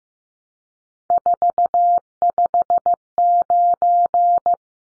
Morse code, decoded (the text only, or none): 459